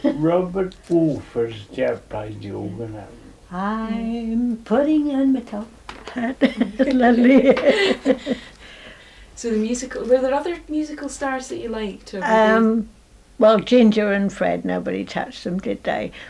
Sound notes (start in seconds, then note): 3.3 sings; 6.0 laughs